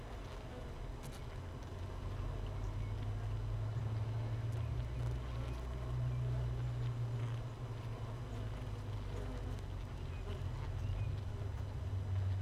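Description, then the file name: Honey bee hive hum, deep and throbbing, swelling in loudness after the first couple of seconds and then holding steady. Hive 1, colony without a queen, recorded 31 May 2018 at 15:30. "Hive 1 31 05 2018 NO Queen Bee H 1 audio 15 30 00"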